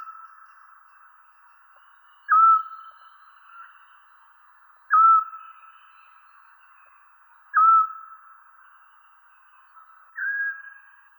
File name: splyushka golos